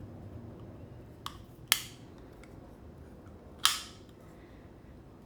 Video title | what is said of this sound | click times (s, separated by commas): WUBEN X3 LED 700 Lumens Turbo EDC Flashlight with Wireless Charging Review / Unboxing | it snaps into place | 1.7 s, 3.6 s